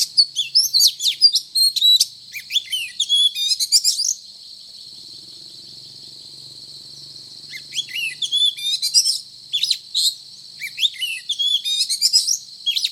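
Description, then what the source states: Oriental magpie-robin giving a burst of intricate, twittering whistles, then a few seconds of quiet, then a second burst of fast varied phrases. Called kacer; described as gacor, meaning singing energetically and incessantly.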